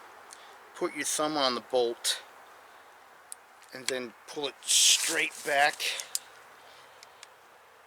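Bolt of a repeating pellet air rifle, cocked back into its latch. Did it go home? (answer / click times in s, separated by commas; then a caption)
yes / 7.0 s, 7.2 s. Someone talks while a thumb rests on the bolt of a repeating pellet air rifle and the bolt is pulled straight back. Sharp clicks at 7.0 s and 7.2 s mark the bolt catching in its latch in the cocked position, a click that must be heard or the rifle will double load.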